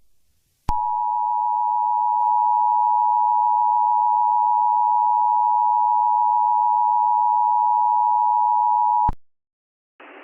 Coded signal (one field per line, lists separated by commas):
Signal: Emergency Alert System (SAME) tones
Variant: 853 and 960 Hz attention tone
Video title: EAS Scenario | Minions Invasion (#104)